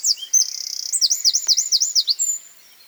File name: Troglodytes troglodytes